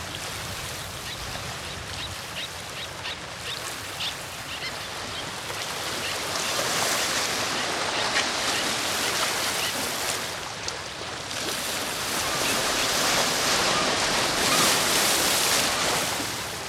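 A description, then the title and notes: Coastal waves wash in a dense, steady rush of hissing water that swells louder and brighter after about six seconds and stays full to the end. Brief, faint calls flicker through the first few seconds above the spray. Coastal waves, seagulls, barking of little terns. Jet Wheel to Sado Island.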